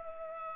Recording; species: mosquito wingbeat signal from an infrared sensor; Culex pipiens